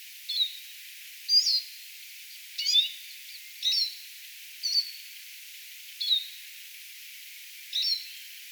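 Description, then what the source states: Eurasian siskin calls: a series of thin, high, slightly falling whistled notes over a steady background hiss. Several siskins flying around, recorded on 18 April 2025.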